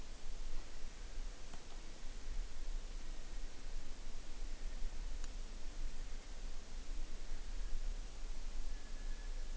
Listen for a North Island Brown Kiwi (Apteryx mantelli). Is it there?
yes